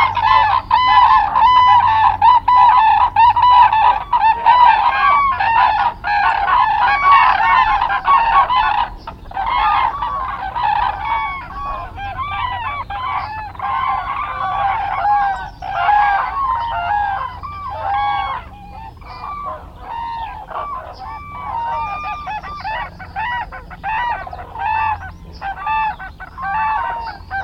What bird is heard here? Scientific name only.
Grus virgo